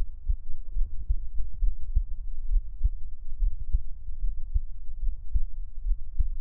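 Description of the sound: Regular, soft low-pitched thumps repeat at about 70 per minute, with steady spacing and no talking. An ordinary resting adult heartbeat, heard close up as a Taiwanese ASMR piece, with faint low hum underneath.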